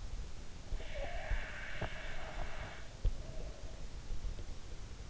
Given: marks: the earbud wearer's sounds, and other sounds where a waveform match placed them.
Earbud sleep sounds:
sounds in sleep by an in-ear microphone; breath
0.69-4.56 s: breath

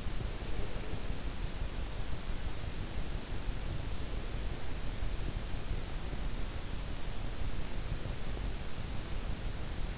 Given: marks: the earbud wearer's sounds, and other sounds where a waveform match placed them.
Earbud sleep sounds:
sounds in sleep by an in-ear microphone; breath
0.00-1.34 s: breath

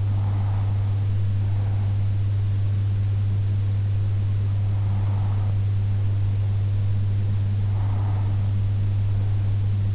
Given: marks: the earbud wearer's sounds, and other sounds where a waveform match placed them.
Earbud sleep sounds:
sounds in sleep by an in-ear microphone; breath
0.00-2.00 s: breath
5.00-9.00 s: breath

